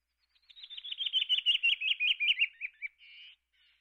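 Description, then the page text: Canyon wren song: a long cascade of many clear whistled notes, descending steadily in pitch, ending with a short buzzy note. "Canyon Wren. Quick Sounds"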